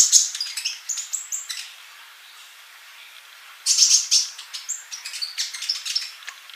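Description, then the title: Bird song in two bursts of high chirps, short whistles and buzzy notes, with a quiet gap of about two seconds between them. "Kicau Burung"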